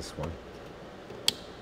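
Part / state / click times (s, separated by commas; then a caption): wiring harness connector into hybrid battery pack / seated / 1.3 s. A plastic wiring harness connector is pushed home into the hybrid battery pack while the battery wiring is reconnected on a 2008 Toyota Camry Hybrid. After someone talks briefly, a single sharp click is heard at 1.3 s as the connector seats, even though these connectors usually don't click.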